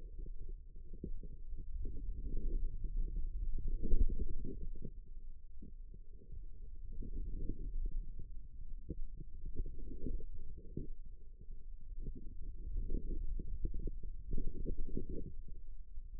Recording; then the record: forearm muscle sounds (acoustic myography)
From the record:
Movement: ulnar deviation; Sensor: system 2, bracelet of six BSWA MPA416 microphones around the upper forearm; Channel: 4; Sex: female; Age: 25 years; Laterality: right